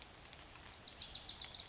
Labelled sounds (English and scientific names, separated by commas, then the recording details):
Wilson's Warbler (Cardellina pusilla)
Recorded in Sonoma County, California